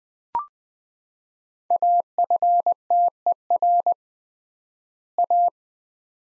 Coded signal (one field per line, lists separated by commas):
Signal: Morse code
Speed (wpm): 20 wpm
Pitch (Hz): 700 Hz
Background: none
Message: AFTER A